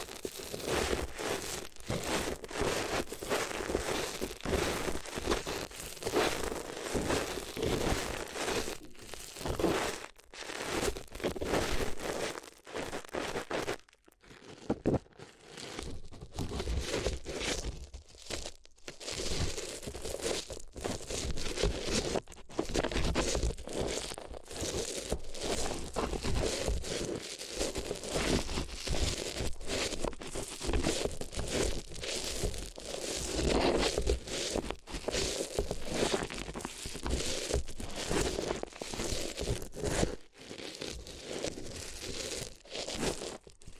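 Paper is crinkled and crushed almost without pause for the whole 44 seconds, a dense stream of sharp, bright crackles. The handling stays steady and busy, with only brief near-quiet gaps around 10, 14 and 18 seconds before the rustling resumes.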